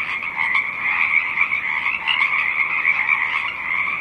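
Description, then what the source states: Pacific chorus frogs croaking together, short raspy notes merging into a steady, unbroken chorus. Song of Pacific chorus frogs, described as rising.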